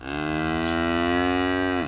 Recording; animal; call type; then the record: contact call of a hoofed animal; cattle; low-frequency (closed-mouth) or high-frequency (open-mouth) call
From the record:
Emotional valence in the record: negative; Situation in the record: full separation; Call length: 1.87 s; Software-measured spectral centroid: 1880 Hz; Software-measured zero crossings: 1720 a second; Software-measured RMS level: -24 dBFS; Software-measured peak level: -11 dBFS